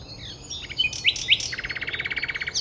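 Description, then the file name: Common nightingale song phrase: a few scattered chirps and two upward-sweeping notes, then a rapid, even rattle of repeated notes. "Luscinia megarhynchos"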